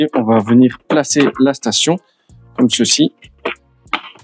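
Someone talks while the plastic docking station of a Tineco PURE ONE Station 5 PLUS stick vacuum is pushed down onto its base plate. A short, sharp click is heard at 4.0 s as the station clips in and seats on the base plate.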